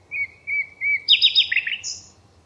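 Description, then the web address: Bird song: three clear whistled notes, then a fast jumbled trill of higher chirps ending in a brief high buzz. "Bird Only"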